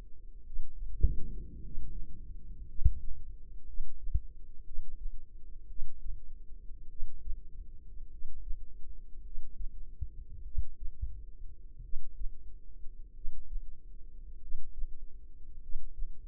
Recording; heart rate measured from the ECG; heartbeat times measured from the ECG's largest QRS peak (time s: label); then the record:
heart sounds by microphone in the left ear; 51 bpm
0.42 s: heartbeat
1.59 s: heartbeat
2.65 s: heartbeat
3.64 s: heartbeat
4.62 s: heartbeat
5.66 s: heartbeat
6.87 s: heartbeat
8.07 s: heartbeat
9.21 s: heartbeat
10.41 s: heartbeat
11.80 s: heartbeat
13.11 s: heartbeat
14.37 s: heartbeat
15.58 s: heartbeat
From the record:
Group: healthy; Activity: breath hold 0-2 s, rest 2-16 s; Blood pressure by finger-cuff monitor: 102/51 mmHg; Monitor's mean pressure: 66 mmHg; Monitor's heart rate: 50 bpm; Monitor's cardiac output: 4.5 L/min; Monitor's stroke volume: 86 mL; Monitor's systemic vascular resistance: 960 dyn s/cm5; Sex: male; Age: 25 years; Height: 170 cm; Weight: 70.4 kg